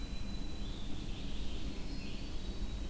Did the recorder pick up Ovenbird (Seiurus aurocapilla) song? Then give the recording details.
no. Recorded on 23 June 2016 at 05:45. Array SBT-6-76